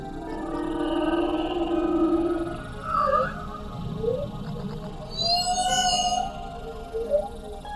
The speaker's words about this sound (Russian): А вот и наш знакомый, синий кит-полосатик. Почему это вдруг полосатик? Что спина у него сине-голубая, вижу. Но никакой полосатой тельняшки на нем что-то незаметно.